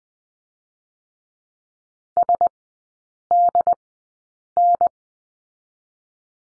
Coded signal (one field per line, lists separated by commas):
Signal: Morse code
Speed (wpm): 19 wpm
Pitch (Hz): 700 Hz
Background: none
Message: S D N